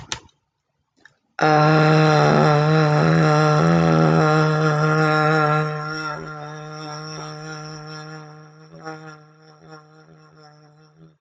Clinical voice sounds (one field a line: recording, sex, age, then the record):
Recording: vowel held as long as possible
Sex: female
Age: 50 to 59 years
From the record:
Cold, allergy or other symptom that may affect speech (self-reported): yes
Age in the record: 50 years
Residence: Oregon, United States